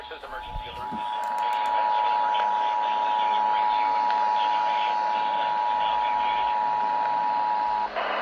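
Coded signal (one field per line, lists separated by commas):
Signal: Emergency Alert System (SAME) tones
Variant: 853 and 960 Hz attention tone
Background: speech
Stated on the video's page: Required monthly test relayed on two AM stations, one FM station and a TV subchannel.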